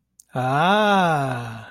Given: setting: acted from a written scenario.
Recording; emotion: vocal sound without words; awe